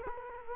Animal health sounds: mosquito wingbeat signal from an infrared sensor; Culex quinquefasciatus

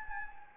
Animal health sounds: mosquito wingbeat signal from an infrared sensor; Anopheles gambiae

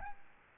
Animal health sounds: mosquito wingbeat signal from an infrared sensor; Aedes albopictus

